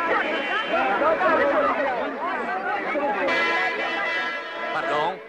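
A dense crowd chatters continuously, many overlapping voices merging into a steady, fairly loud babble with no single speaker standing out, holding even for the whole stretch.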